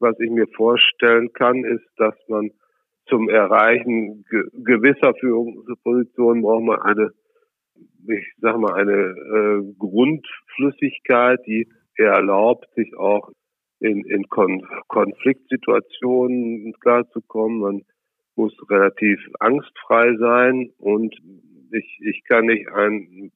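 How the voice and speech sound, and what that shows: Adult male speaker who has stuttered since childhood, speaking German. Stuttering is now relatively mild, mostly prolongations rather than blocks. The speech has prolonged sounds, part-word and whole-word repetitions, and filled pauses.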